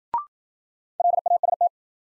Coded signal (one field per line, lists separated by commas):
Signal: Morse code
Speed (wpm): 55 wpm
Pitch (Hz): 700 Hz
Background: none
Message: LAST